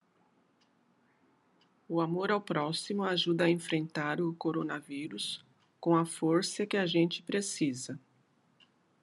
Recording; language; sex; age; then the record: spoken sentence; Brazilian Portuguese; female; 50 to 59 years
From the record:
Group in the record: control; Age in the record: 57 years